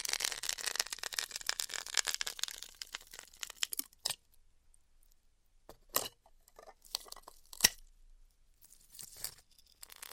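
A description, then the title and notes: Styrofoam being heat cut, opening with a dense run of fast crackling and crinkly ticks through the first four seconds. After that it thins into scattered sharp cracks and short bursts, near six, seven and a half, and nine seconds, with quiet gaps between. ASMR Styrofoam Heat Cutting (No Talking).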